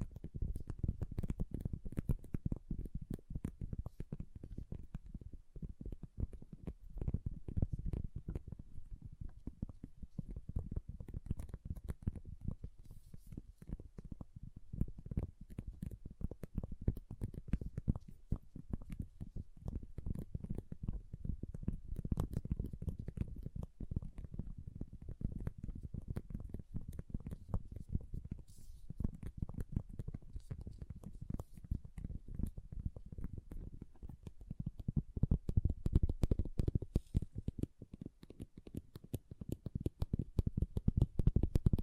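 Small plastic beads rustle and clatter continuously for the whole stretch, a dense, low, muffled patter of tiny clicks, swelling briefly near the end.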